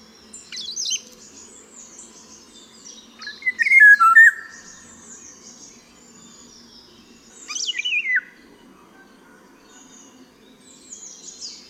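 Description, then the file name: Eurasian golden oriole song: a few loud whistled phrases a few seconds apart, with higher, thinner sounds around them. "WILGA"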